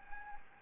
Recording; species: mosquito wingbeat signal from an infrared sensor; Anopheles gambiae